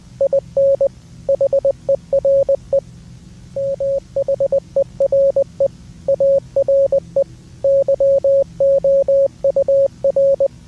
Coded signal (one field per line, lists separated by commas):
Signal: Morse code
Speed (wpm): 20 wpm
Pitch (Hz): 550 Hz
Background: music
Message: IN HERE M HERE ARE YOUR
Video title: Morse code